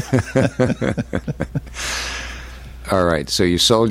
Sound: laughing